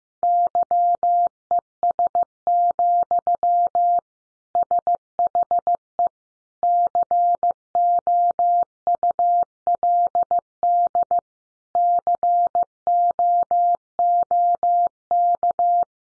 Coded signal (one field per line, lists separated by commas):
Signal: Morse code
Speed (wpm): 15 wpm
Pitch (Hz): 700 Hz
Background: none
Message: YES, SHE COULD COOK